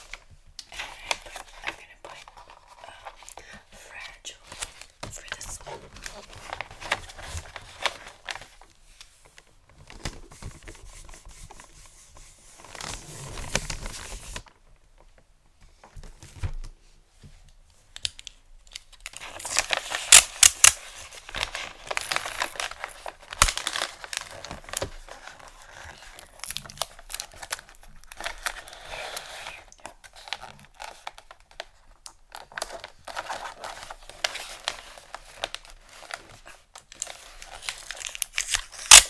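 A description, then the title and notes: Gift wrapping: dense, bright crinkling of paper comes in bursts throughout, with sharp tearing and snipping sounds mixed in. Handling pauses briefly around the middle, and the loudest crumpling flares near twenty seconds and again at the end. ASMR Xmas Gift Wrapping Intense Crinkle, Tape, Scissors Sounds.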